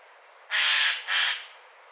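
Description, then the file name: Eurasian jay uttering a loud doubled screech, two hoarse, grating bursts in quick succession, the second slightly shorter than the first. "Garrulus glandarius"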